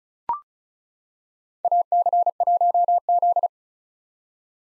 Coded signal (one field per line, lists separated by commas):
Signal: Morse code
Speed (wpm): 36 wpm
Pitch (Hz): 700 Hz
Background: none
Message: AC1Z